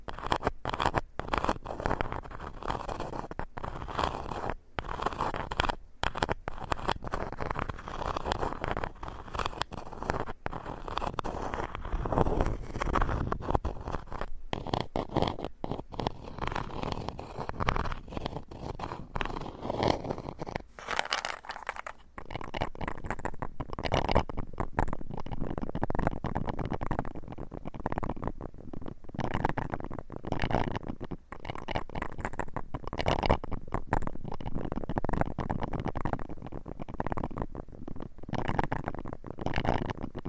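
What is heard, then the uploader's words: Wood scraping runs almost without pause for the whole forty seconds, a dense, gritty rasp weighted toward the low and middle range. Short breaks chop through it throughout, and after about twenty-two seconds the strokes turn choppier, with more frequent brief gaps. This episode is Wood Scraping.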